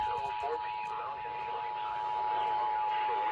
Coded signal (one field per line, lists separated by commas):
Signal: Emergency Alert System (SAME) tones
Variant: 853 and 960 Hz attention tone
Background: speech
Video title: Severe Thunderstorm Warning EAS#324&325 KEC78 & KUED